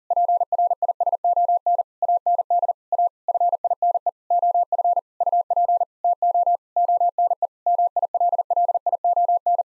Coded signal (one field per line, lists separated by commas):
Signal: Morse code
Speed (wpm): 40 wpm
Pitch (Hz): 700 Hz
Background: none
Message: PRISON AND A FINE OF UP TO ONE MILLION